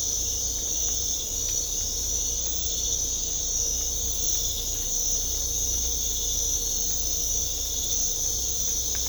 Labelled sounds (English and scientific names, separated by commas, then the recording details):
none
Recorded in secondary vegetation near Puerto Asís, Putumayo, Colombia, on 16 December 2024 at 03:00
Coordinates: 0.500, -76.326
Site G065